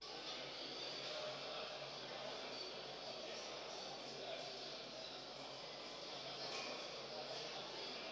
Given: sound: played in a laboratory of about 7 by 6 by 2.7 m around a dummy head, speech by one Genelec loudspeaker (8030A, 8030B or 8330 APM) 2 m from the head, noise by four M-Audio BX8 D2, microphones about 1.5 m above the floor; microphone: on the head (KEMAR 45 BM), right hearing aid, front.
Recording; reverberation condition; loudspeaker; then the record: cafeteria noise; high; four, about 170 cm from the corners of the room and facing them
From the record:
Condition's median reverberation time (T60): about 1300 ms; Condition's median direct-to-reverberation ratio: about -4.0 dB